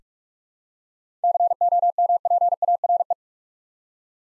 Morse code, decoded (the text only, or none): COMPARE